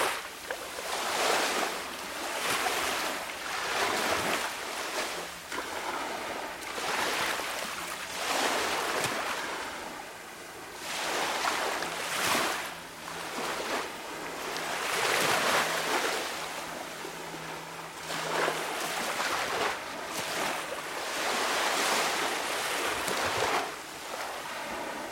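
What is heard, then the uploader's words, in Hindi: Ocean waves wash onto sand, each one swelling into a hissing rush and then draining back, arriving every few seconds with little pause between them. The surf fills the scene, with a faint low steady hum running underneath. रेत पर लहरें. लगभग बाइनॉरल समुंदर की लहरों की आवाज़. यह रिकॉर्डिंग एक पूर्ण शांति की अवस्था के दौरान ली गई थी, जिसमें हवा की कम हस्तक्षेप होने के साथ.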